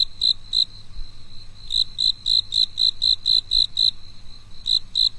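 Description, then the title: Cricket chirping: clear, high pulsed chirps in bursts, with a pause after the first two chirps, over a low steady hum. A single cricket singing alone on a quiet night. "寂静的夜里，那个蟋蟀的独唱"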